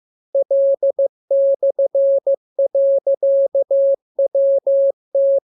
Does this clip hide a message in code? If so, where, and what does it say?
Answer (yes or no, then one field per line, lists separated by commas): yes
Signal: Morse code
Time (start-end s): 0.3-5.4 s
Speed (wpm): 15 wpm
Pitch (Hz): 550 Hz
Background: none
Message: L/.WT